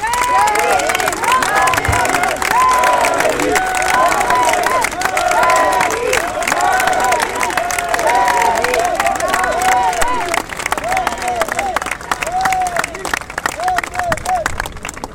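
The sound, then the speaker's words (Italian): A crowd applauds and cheers steadily, dense clapping mixed with rising and falling voices and whoops throughout, loud and sustained for the whole stretch. “Un grande applauso e Shehid Namirin!”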